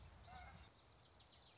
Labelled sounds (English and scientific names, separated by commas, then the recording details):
Common Yellowthroat (Geothlypis trichas)
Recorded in Sonoma County, California